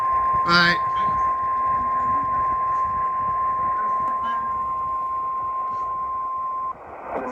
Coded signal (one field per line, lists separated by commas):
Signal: Emergency Alert System (SAME) tones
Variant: 1050 Hz attention tone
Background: speech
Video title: SLIGHTSANITY 12: FLORIDA’S REDEMPTION - EAS Alerts From 5/4/25 - 5/14/25 (EAS #3767-3878)